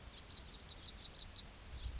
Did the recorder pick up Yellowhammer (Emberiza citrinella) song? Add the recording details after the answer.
yes. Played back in grassland. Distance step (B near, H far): D. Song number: 000